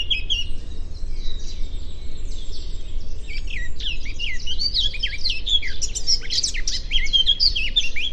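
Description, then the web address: Eurasian blackcap singing a quick, jumbled warble of short twittering and whistled notes that grows busier toward the end, with constant low-pitched background rumble. "cianscape birddata Deverinetal 2025"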